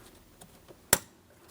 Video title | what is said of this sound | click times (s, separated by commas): How to Replace Front Strut & Spring Assemblies 2015-2025 Ford Transit 250 | Audible click. Both of those are secured. | 0.9 s